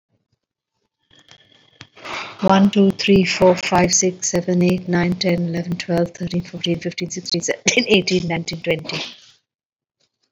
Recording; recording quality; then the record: counting at a fast pace; excellent, no background noise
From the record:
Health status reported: COVID-19 positive, mild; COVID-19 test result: positive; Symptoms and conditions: breathing difficulty, fatigue, hypertension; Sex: female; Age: 62 years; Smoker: not ticked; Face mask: not worn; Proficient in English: yes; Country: India